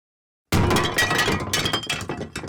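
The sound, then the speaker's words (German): A glass of water, brought in by a maid, clinks and rattles in a dense, busy clatter, with sharp bright ticks piling up for about two seconds after a short silence, fairly loud with no voices. “Eine Magd tritt auf. Die vorigen. Ein Glas mit Wasser.”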